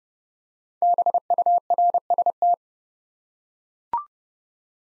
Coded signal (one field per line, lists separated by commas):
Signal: Morse code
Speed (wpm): 30 wpm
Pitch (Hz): 700 Hz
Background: none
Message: BURST